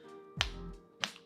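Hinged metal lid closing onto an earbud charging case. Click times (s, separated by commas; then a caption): 0.4 s. A hinged zinc-alloy, lighter-style lid on a Klipsch T5 True Wireless earbud charging case snaps shut with a sharp metallic click at 0.4 s, followed by a second, softer click at 1.0 s. The lid seats into place closed, and the closing sounds satisfying.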